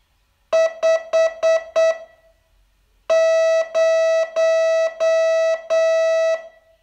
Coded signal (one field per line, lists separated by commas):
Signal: Morse code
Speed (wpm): 8 wpm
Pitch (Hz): 650 Hz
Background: none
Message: 5 0